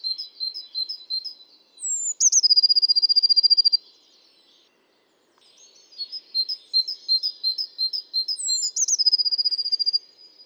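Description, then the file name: Great tit calls: rapid high double chips, broken twice by a sharp downslurred note that runs into a fast buzzy rattle, with a short silent pause between. "Parus major"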